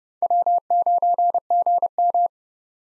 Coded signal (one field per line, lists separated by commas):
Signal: Morse code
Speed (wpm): 32 wpm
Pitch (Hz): 700 Hz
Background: none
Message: W9GM